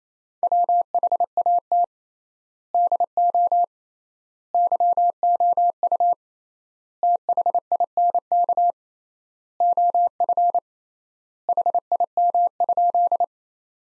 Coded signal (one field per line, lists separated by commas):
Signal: Morse code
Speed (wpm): 28 wpm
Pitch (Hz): 700 Hz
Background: none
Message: WHAT DO YOU THINK OF HIM?